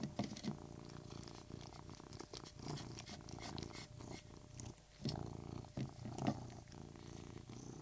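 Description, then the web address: Persian cat giving a low continuous purr, interrupted by crunchy chewing and smacking clicks, with a brief dip in the rumble midway. Persian cat purring while eating. "BBC Cats BBC"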